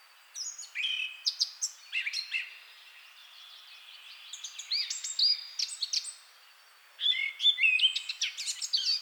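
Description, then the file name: Eurasian blackcap song: three bursts of fast, varied warbling notes, high and scratchy mixed with clearer whistles, separated by short pauses. "Sylvia atricapilla"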